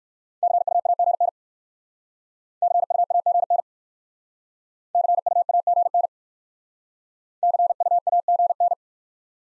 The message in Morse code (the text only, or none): CUAGN CUAGN CUAGN CUAGN